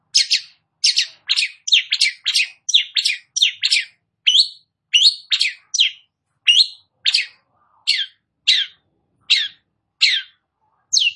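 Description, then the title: Long-tailed shrike song: crisp chirping notes, packed tightly at first, then spacing out into a steady series of clear repeated chips. Described as 'gacor', meaning singing vigorously. "Cendet Gacor"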